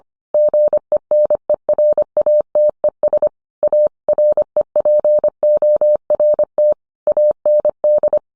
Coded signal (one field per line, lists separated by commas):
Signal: Morse code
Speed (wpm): 25 wpm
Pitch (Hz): 600 Hz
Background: none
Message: GENERATES A REPORT AND